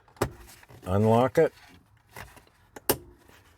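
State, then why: Released. On a Jeep Liberty KJ, someone pulls the small red plastic lock tab on the wiring harness connector of the HVAC blower motor resistor module out with a fingernail while talking. A faint tick at 2.8 s leads into a sharp click at 2.9 s as the tab pops open and the connector unlocks.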